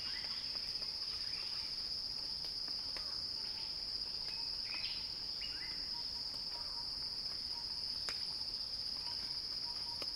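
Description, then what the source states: Cicada song, a steady high-pitched drone that holds without a break, with scattered short chirps and clicking notes from other small callers behind it. Recording titled Cicada Crescendo.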